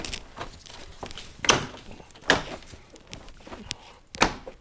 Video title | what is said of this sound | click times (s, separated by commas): 05 - Switchback Turn Signal Wiring - HIDProjectors.com Revision 2.0 - 2015 Jeep Wrangler JK | all the other clips should line up and then click into place and | 1.5 s, 2.3 s, 4.2 s